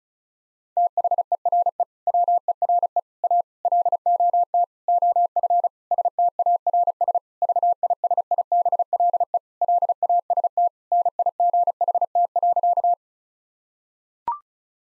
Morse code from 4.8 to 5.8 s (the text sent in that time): OF